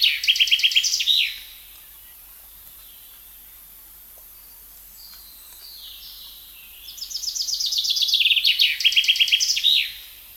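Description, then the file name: Common chaffinch song: two trilled phrases, each a cascade of rapid notes falling to a terminal flourish, separated by several seconds of faint background sounds. "Fringilla coelebs"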